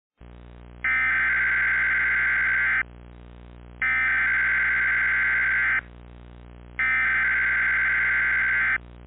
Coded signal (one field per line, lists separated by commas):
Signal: Emergency Alert System (SAME) tones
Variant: header bursts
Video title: EAS Mock: jasonville messed up their SVR